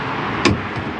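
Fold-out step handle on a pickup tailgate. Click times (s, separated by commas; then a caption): 0.5 s. The fold-out grab handle of the tailgate step on a 2023 GMC Hummer EV Pickup Edition 1 is pulled up into position over steady background noise. It latches with a short, sharp click at 0.5 s, and the handle locks into place.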